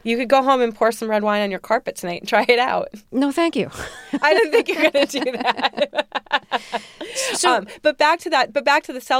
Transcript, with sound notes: You could go home and pour some red wine on your carpet tonight and try it out.
No, thank you.
(LAUGHTER)
I didn't think you were going to do that. But back to that, but back to the seltzer,